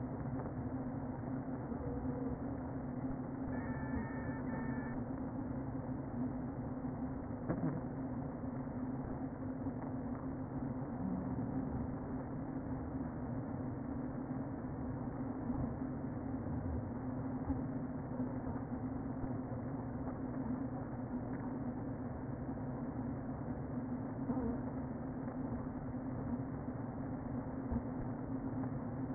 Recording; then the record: honeybee colony, microphone inside the hive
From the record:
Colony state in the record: queen present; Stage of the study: before two queens were removed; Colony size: about 60,000 bees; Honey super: yes